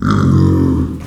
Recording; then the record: squeal of a Yucatan mini pig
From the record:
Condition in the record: after surgery on the right vocal fold (resection and tissue-engineered implant); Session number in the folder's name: 13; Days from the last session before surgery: 113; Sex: female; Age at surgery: 19 weeks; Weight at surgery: 25 kg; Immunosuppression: prednisolone